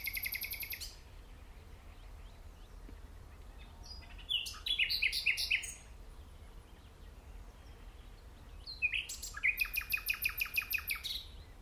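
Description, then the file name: Common nightingale song in bursts: a rapid trill at the start, a jumble of sharp notes midway, then a long series of loud, evenly repeated chopping notes. "Luscinia megarhynchos"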